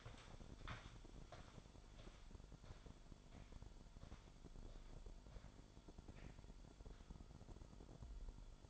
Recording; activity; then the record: daily activity, microphone in the room; walk to room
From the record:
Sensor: 5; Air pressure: 1008.3 hPa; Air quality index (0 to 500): 127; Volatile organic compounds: 1 ppm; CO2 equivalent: 974 ppm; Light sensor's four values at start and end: 34/78/31/31 and 34/80/32/31